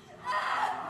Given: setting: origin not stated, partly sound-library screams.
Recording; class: one-second piece from a danger detection set; woman in danger